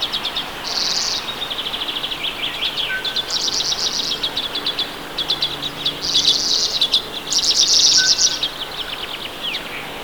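Redpoll calls: high, buzzy chattering trills and rattling notes in bursts.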